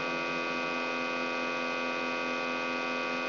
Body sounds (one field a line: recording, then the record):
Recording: brain microelectrode recording played as sound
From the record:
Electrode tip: outside the subthalamic nucleus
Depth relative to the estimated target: 1 mm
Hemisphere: left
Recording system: AlphaMap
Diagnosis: Parkinson's disease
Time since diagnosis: 17 years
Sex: male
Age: 64 years